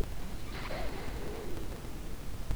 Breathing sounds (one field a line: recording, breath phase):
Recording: one breath near a microphone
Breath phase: inhalation